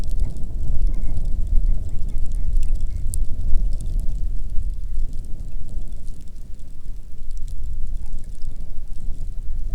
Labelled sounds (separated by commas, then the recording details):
grouse or ptarmigan, wind, rain
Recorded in the Arctic National Wildlife Refuge, Alaska, on 1 June 2019 at 10:56
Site 37